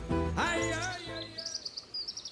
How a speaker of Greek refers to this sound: Τώρα εσύ ακούς πουλάκια εδώ γύρω και τέτοια, γιατί εγώ είμαι έξω σε ένα πέτρινο του 1500 παγκάκι, κατασκεύασμα, υπόλοιμα, και εδώ γράφω την εκπομπή.